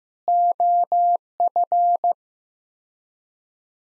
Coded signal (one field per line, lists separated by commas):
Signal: Morse code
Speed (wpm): 15 wpm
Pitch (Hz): 700 Hz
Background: none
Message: OF